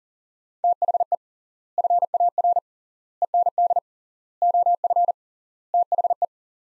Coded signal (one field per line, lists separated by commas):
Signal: Morse code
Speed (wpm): 40 wpm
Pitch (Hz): 700 Hz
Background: none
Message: THE FAR END OF THE